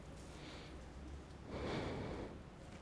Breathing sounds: one breath in and out by a microphone near the nose and mouth; normal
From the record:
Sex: male

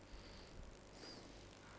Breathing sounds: one breath in and out by a microphone near the nose and mouth; normal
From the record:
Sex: male

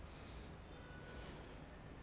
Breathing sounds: one breath in and out by a microphone near the nose and mouth; deep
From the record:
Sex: male

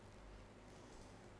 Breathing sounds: one breath in and out by a microphone near the nose and mouth; normal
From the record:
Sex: female

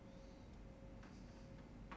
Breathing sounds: one breath in and out by a microphone near the nose and mouth; normal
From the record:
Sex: male

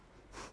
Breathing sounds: one breath in and out by a microphone near the nose and mouth; strong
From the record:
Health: marked as sick, illness not named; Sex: female

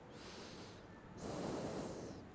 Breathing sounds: one breath in and out by a microphone near the nose and mouth; normal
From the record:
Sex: male

